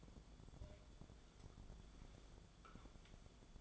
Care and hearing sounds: daily activity, microphone in the room; take from stove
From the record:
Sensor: 5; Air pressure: 1010.3 hPa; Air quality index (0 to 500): 110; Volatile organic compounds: 2 ppm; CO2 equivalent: 1079 ppm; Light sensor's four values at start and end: 539/1379/570/650 and 587/1491/618/718

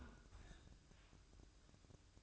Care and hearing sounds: daily activity, microphone in the room; close fridge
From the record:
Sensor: 2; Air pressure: 1007.6 hPa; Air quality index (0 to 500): 60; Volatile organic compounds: 1 ppm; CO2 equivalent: 595 ppm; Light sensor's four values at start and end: 10/23/10/10 and 10/23/10/10

